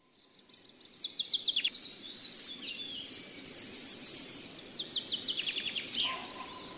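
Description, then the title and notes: Bird song rising in from quiet, a run of rapid high trills and descending note series, ending with a brief sharp accent and a faint low tone. Bird song for training pet birds to sing. "Suara Kicauan Burung untuk memaster burung kesayangan"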